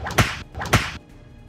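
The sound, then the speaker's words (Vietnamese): Two sharp lashes of a whip several metres long, about half a second apart, each a quick swish building into a loud crack, followed by quiet with no talking. “Mỗi lời nó nói là mỗi lần đòn roi vụt vào cái bóng kia, khiến cho cái bóng kêu gào thảm thiết.”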